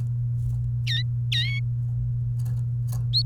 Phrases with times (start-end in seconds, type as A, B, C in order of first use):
0.87-1.02 A, 1.32-1.59 A